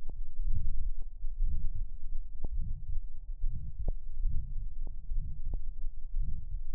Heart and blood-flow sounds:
heart sounds
not marked
From the record:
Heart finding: aortic stenosis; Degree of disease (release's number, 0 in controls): 2 to 3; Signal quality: poor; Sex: male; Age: 69 years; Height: 1.66 m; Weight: 100 kg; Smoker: yes

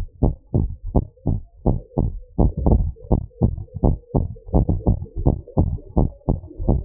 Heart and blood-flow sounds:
heart sounds
0.00	0.24	diastole
0.24	0.34	S1
0.34	0.56	systole
0.56	0.68	S2
0.68	0.94	diastole
0.94	1.04	S1
1.04	1.28	systole
1.28	1.38	S2
1.38	1.66	diastole
1.66	1.78	S1
1.78	2.04	systole
2.04	2.14	S2
2.14	2.40	diastole
2.40	2.50	S1
2.50	2.68	systole
2.68	2.84	S2
2.84	3.10	diastole
3.10	3.20	S1
3.20	3.42	systole
3.42	3.56	S2
3.56	3.84	diastole
3.84	3.96	S1
3.96	4.20	systole
4.20	4.28	S2
4.28	4.54	diastole
4.54	4.66	S1
4.66	4.88	systole
4.88	4.98	S2
4.98	5.22	diastole
5.22	5.34	S1
5.34	5.58	systole
5.58	5.70	S2
5.70	5.96	diastole
5.96	6.08	S1
6.08	6.30	systole
6.30	6.40	S2
6.40	6.68	diastole
6.68	6.85	noise
From the record:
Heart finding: abnormal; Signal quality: good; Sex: male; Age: 61 years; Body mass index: 29.4

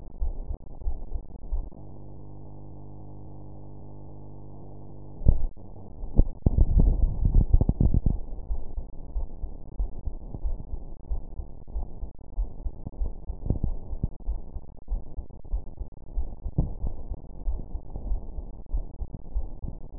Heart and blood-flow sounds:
heart sounds
0.00	8.50	noise
8.50	8.62	S1
8.62	8.76	systole
8.76	8.86	S2
8.86	9.16	diastole
9.16	9.28	S1
9.28	9.42	systole
9.42	9.50	S2
9.50	9.78	diastole
9.78	9.90	S1
9.90	10.06	systole
10.06	10.16	S2
10.16	10.44	diastole
10.44	10.58	S1
10.58	10.72	systole
10.72	10.80	S2
10.80	11.10	diastole
11.10	11.22	S1
11.22	11.36	systole
11.36	11.46	S2
11.46	11.74	diastole
11.74	11.86	S1
11.86	12.00	systole
12.00	12.10	S2
12.10	12.38	diastole
12.38	12.50	S1
12.50	12.64	systole
12.64	12.72	S2
12.72	13.00	diastole
13.00	13.12	S1
13.12	13.26	systole
13.26	13.36	S2
13.36	13.64	diastole
13.64	13.78	S1
13.78	13.90	systole
13.90	14.00	S2
14.00	14.28	diastole
14.28	14.40	S1
14.40	14.54	systole
14.54	14.62	S2
14.62	14.92	diastole
14.92	15.02	S1
15.02	15.16	systole
15.16	15.24	S2
15.24	15.52	diastole
15.52	15.64	S1
15.64	15.80	systole
15.80	15.88	S2
15.88	16.16	diastole
16.16	16.28	S1
16.28	16.42	systole
16.42	16.52	S2
16.52	16.82	diastole
16.82	16.94	S1
16.94	17.08	systole
17.08	17.18	S2
17.18	17.46	diastole
17.46	17.60	S1
17.60	17.72	systole
17.72	17.80	S2
17.80	18.08	diastole
18.08	18.22	S1
18.22	18.36	systole
18.36	18.46	S2
18.46	18.74	diastole
18.74	18.86	S1
18.86	19.00	systole
19.00	19.08	S2
19.08	19.36	diastole
19.36	19.48	S1
19.48	19.62	systole
19.62	19.72	S2
19.72	19.98	diastole
From the record:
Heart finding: coronary artery disease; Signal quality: good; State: rest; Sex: female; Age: 45 years

